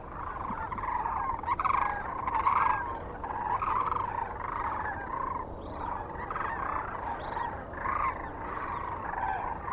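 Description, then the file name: Sandhill cranes in a large calling flock, a thick, pulsing mass of rolling trumpet-like calls, with a few individual calls standing out. Kearney, Nebraska, 9 March 2004. "2004-03-09 SACRandmore C Kearney NE"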